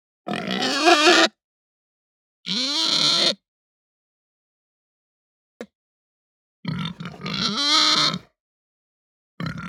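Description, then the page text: Hampshire pig squealing: three harsh, harmonic bursts separated by silent gaps, with a brief click between the second and third, and a fourth burst starting at the very end. Short squeal that ramps up. "Hampshire Pig Squeal Ramp Up Short. Quick Sounds"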